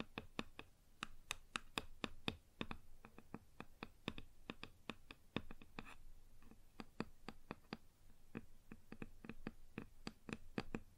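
Fingers tap on a wooden surface in a quick, irregular stream of sharp knocks, several per second, with brief clusters and short pauses. Each tap is crisp and bright with a short woody thump underneath, and a faint soft hiss runs between them.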